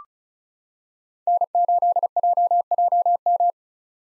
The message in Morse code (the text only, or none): N8JJM